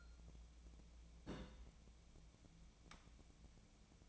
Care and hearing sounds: daily activity, microphone in the room; place on stove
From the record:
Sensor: 1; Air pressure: 1000.0 hPa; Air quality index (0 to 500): 132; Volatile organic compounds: 2 ppm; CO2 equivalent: 1253 ppm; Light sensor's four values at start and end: 41/104/44/55 and 41/104/44/55

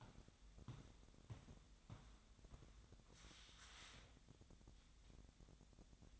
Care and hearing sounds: daily activity, microphone in the room; walk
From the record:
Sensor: 3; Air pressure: 1012.1 hPa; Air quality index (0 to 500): 188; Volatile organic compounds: 3 ppm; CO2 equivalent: 1438 ppm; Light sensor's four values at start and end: 54/144/62/67 and 50/131/57/60

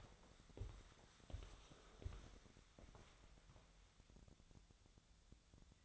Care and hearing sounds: daily activity, microphone in the room; walk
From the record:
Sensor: 3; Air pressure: 1015.2 hPa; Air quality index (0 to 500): 132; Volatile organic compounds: 6 ppm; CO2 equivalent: 1858 ppm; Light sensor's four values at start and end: 14/37/15/16 and 15/38/15/16

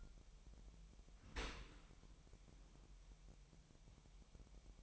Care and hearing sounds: daily activity, microphone in the room; open dishwasher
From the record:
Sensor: 1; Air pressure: 998.2 hPa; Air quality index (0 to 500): 139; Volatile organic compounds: 4 ppm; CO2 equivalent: 1663 ppm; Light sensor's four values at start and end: 16/54/22/22 and 16/54/22/22

